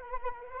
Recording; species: mosquito wingbeat signal from an infrared sensor; Anopheles arabiensis